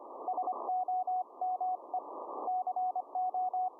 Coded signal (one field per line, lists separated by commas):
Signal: Morse code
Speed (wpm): 25 wpm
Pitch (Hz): 740 Hz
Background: none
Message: SOME CO